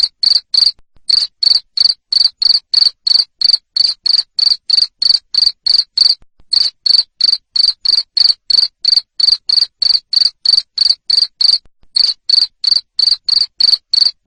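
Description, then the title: Cricket chirping: loud, high-pitched pulsed chirps repeated about three times a second in a steady run, with a few brief pauses. Loud cricket chirping used to stimulate lovebirds to sing continuously (ngekek). "Suara JANGKRIK NGERIK Keras Bikin LOVEBIRD Jadi NGEKEK Terus Vubey"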